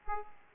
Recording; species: mosquito wingbeat signal from an infrared sensor; Aedes aegypti